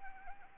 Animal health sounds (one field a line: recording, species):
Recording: mosquito wingbeat signal from an infrared sensor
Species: Anopheles arabiensis